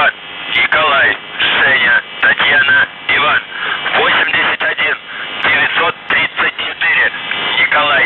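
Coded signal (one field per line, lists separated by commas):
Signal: numbers station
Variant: UVB-76, Russian voice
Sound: a voice reading short clipped phrases over a narrow, noisy shortwave channel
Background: radio static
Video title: The Buzzer/UVB-76(4625Khz) January 28th, 2023 08:02UTC Voice message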